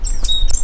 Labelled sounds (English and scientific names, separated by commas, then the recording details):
Stitchbird (Notiomystis cincta) song
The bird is a male
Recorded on Tiritiri Matangi Island, New Zealand, in 2005
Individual 2, of nest box 2